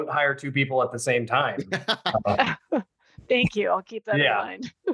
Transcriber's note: laughter